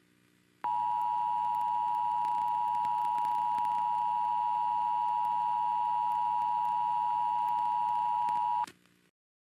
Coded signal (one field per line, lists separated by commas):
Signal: Emergency Alert System (SAME) tones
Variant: 853 and 960 Hz attention tone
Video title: EAS MOCK 2 SHELTER IN PLACE WARNING BLUE ALERT FOR TEXAS